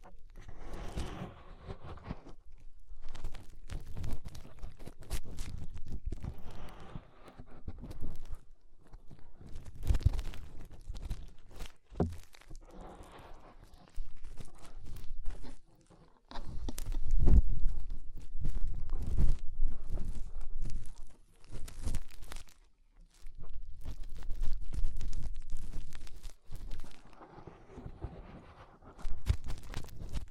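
Fingers rub and scrape inside the ear, making dense, crackly rustling with sharp clicks and crunches that come in irregular bursts. Heavy low rumbling pulses run underneath, with brief quiet gaps around 2, 12, 15 and 22 seconds before the scratching resumes.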